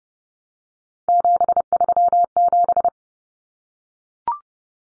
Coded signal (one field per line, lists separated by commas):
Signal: Morse code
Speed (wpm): 30 wpm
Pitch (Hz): 700 Hz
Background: none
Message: 737